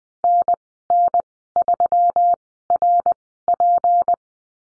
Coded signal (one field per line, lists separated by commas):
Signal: Morse code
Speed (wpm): 20 wpm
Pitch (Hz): 700 Hz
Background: none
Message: NN3RP